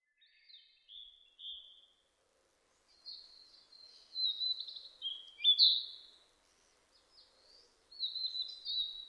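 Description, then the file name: Narcissus flycatcher song, high clear whistled notes in short phrases separated by brief pauses, with a louder slurred, warbling burst near the middle and more whistles at the end. Recorded 25 April 2006. "060425 kibitaki"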